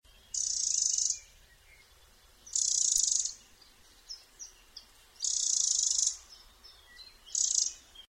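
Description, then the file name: Eurasian wren giving harsh, hissing churr calls: four dry, buzzy bursts separated by short pauses, with faint ticking notes between. "Troglodytes troglodytes"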